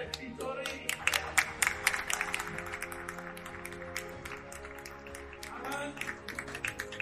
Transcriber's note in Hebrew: הקהל מוחא כפים!